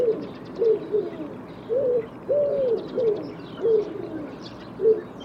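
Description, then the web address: Bird cooing in short arched notes about once a second, one longer drawn-out coo in the middle, with faint high chirping from other birds. "cianscape birddata Deverinetal 2025 Bird Co Pa Co Pa"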